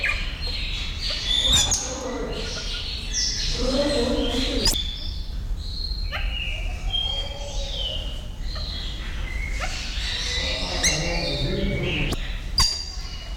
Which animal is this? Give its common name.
Sulawesi Myna